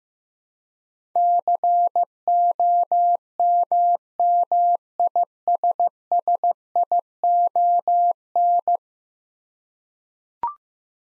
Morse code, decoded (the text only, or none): COMMISSION